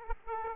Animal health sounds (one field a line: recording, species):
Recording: mosquito wingbeat signal from an infrared sensor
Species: Aedes aegypti